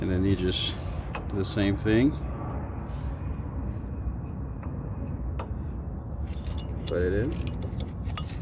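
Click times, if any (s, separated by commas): 7.8 s, 8.2 s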